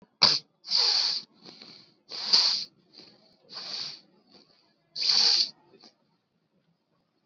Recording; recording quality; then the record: shallow breathing; excellent, no background noise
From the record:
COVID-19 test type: RT-PCR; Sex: male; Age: 18 years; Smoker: yes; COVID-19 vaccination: both doses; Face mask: worn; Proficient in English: yes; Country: India